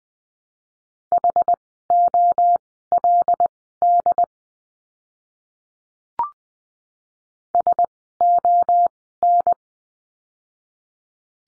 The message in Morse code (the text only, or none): HOLD SON